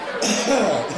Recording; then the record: coughing mixed with background sound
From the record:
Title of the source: Spring Cold Coughing 3